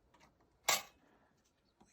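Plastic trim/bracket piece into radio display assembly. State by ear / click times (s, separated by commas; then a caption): seated / 0.7 s. While reassembling the radio display unit of a 2011–2013 Toyota Corolla/Highlander after replacing the digitizer, a plastic trim or bracket piece is pushed home into the assembly. A single sharp, bright snap is heard at 0.7 s, with only faint small handling ticks before and after. The piece seats in place.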